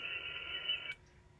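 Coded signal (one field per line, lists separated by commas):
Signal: HF data modem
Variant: VARA HF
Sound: under a second of dense wideband hiss-like data, ending abruptly with a click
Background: radio static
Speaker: all right i'm on vera hf on 40 meters at five watts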